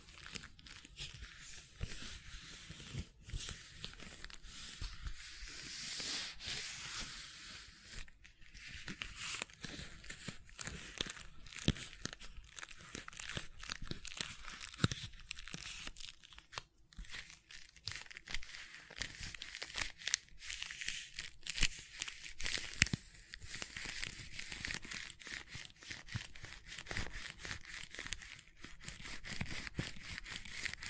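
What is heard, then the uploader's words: Soft silicone being squeezed, pressed and peeled, making dense crinkly, sticky crackles that run without pause for the whole stretch. The sound is bright, with frequent small pops and rustles, slightly louder bursts around six and twenty-three seconds. ASMR Gentle Silicon Sounds for Sleep (No Talking).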